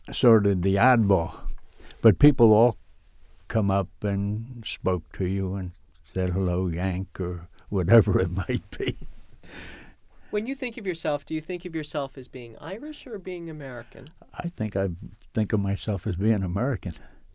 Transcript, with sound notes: sort of the odd ball but people would all come up and spoke to you and said, "Hello, Yank" or whatever it might be. (he laughs)
When you think of yourself, do you think of yourself as being Irish or being American?
I think I think of myself as being American.